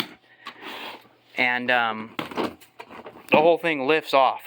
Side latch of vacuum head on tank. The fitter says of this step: you just unlatch that side and this side